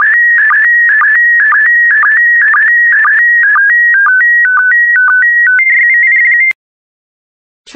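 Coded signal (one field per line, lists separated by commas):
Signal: SSTV (slow-scan television)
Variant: PD120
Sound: warbling electronic tone with regular low chirps, then stepped beeps, then silence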